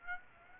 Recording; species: mosquito wingbeat signal from an infrared sensor; Aedes aegypti